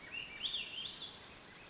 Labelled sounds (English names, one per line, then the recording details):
Swainson's Thrush
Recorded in Sonoma County, California